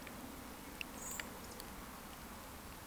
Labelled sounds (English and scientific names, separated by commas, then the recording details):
Eurasian Woodcock (Scolopax rusticola) whistle
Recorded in Baden-Württemberg, Germany, on 14 June 2020 at 19:29 UTC
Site 14569, 102 m above sea level